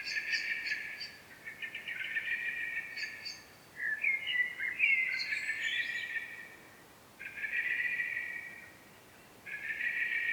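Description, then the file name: Common blackbird song: several warbled phrases separated by short pauses, some with higher twittering notes, over a faint hiss. "Turdus merula"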